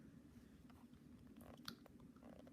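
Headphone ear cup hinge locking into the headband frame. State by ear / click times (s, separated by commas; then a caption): seated / 1.7 s. Folding hinge of over-ear IdeaUSA AtomicX Bluetooth headphones with a plastic frame, where the ear cup hinge meets the headband frame, is popped open until it locks in place. Faint handling noise and a few soft ticks lead to a sharp little click at 1.7 s as the hinge locks fully into place.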